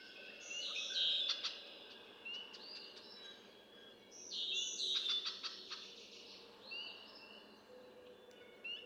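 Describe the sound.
Red-winged blackbird, two buzzy, rattling trill phrases about four seconds apart, among softer whistles.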